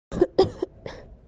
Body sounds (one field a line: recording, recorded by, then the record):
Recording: voluntary cough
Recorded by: messaging app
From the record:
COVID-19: negative